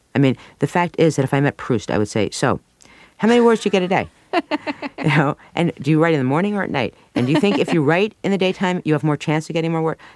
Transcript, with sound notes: I mean, the fact is that if I met Proust, I would say, So, how many words do you get a day? (laughs) You know? And do you write in the morning, or at night? And do you think if you write in the daytime, you have more chance of getting more work?